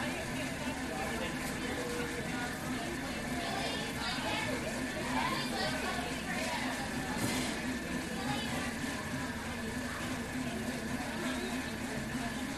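Coffee shop ambience: a dense, steady murmur of overlapping voices with no single speaker standing out, over a constant low hum. A few brief, brighter clinks or clatters rise out of the chatter, around four and seven seconds.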